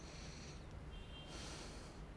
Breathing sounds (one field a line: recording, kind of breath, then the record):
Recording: one breath in and out by a microphone near the nose and mouth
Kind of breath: deep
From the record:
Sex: male